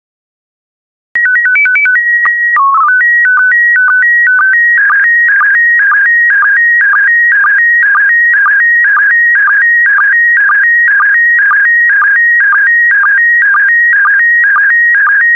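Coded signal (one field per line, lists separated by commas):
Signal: SSTV (slow-scan television)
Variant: PD120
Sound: brief start tones, then a steady warbling whine with rhythmic ticks about twice a second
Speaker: complete. You can now check your decoded image against the picture that is shown on the video.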